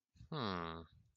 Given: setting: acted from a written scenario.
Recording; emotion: vocal sound without words; neutral